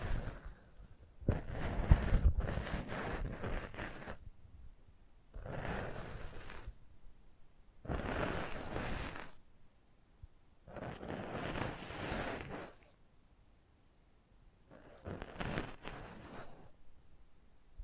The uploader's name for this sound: ASMR Close Up Mic Treatment